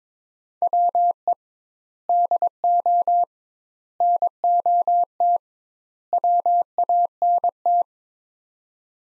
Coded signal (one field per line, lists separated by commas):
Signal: Morse code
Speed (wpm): 22 wpm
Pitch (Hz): 700 Hz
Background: none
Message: WE DO NOT WANT